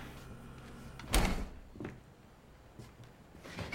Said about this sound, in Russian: Достает из холодильника две бутылки воды и закрывает дверцу.